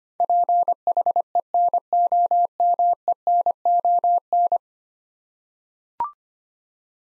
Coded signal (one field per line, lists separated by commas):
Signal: Morse code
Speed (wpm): 25 wpm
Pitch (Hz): 700 Hz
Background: none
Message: PHENOMENON